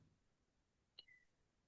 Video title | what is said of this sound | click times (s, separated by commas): Young Living DIY ideas | just set it on there and then screw this on and it'll snap into place. | 1.0 s